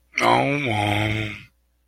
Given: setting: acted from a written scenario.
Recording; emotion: vocal sound without words; shame